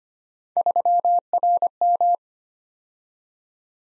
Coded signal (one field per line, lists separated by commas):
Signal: Morse code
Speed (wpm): 25 wpm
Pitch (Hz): 700 Hz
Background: none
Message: 3RM